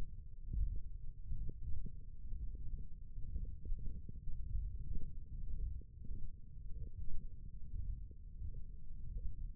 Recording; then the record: forearm muscle sounds (acoustic myography)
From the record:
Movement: ulnar deviation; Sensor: system 1, eight BSWA MPA416 microphones around the upper forearm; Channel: 1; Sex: male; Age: 21 years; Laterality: right